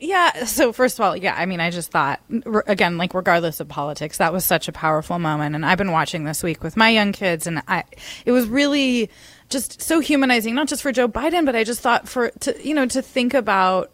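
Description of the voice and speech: A woman speaks fluently and conversationally at an easy pace, with clear voicing and only brief natural pauses.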